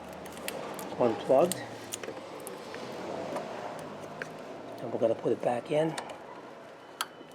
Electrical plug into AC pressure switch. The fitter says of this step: that till the snaps in place